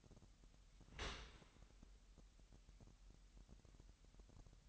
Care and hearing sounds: daily activity, microphone in the room; open dishwasher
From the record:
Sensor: 3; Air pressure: 998.3 hPa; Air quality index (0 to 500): 150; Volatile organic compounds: 5 ppm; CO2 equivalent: 1790 ppm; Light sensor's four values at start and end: 13/39/16/14 and 13/39/16/14

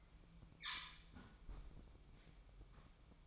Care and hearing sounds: daily activity, microphone in the room; close fridge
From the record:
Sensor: 1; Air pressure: 1007.9 hPa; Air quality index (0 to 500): 101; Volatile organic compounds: 1 ppm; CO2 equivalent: 861 ppm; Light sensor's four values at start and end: 12/29/12/13 and 12/29/12/13

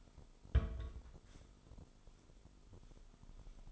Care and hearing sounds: daily activity, microphone in the room; place on stove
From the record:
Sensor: 5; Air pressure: 988.4 hPa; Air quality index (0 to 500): 204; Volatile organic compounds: 83 ppm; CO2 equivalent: 3632 ppm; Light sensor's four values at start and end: 47/139/55/59 and 49/143/57/62

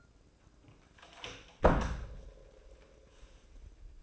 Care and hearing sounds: daily activity, microphone in the room; close door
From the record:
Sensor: 2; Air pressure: 1012.2 hPa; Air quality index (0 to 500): 161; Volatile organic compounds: 2 ppm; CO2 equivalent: 1176 ppm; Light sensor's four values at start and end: 388/972/394/412 and 389/973/395/413

